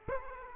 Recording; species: mosquito wingbeat signal from an infrared sensor; Aedes aegypti